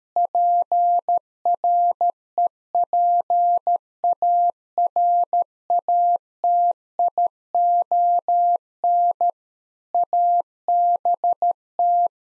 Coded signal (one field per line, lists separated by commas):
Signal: Morse code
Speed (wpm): 13 wpm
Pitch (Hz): 700 Hz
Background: none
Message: PREPARATION ABT